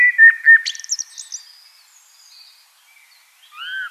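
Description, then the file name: Common blackbird song: a low, fluted warbled phrase ending in a sudden high squeaky twitter, then silence and the start of a soft whistled phrase. "Turdus merula"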